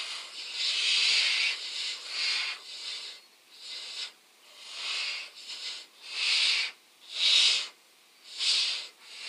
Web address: Schulze Peter Little Owl nestlings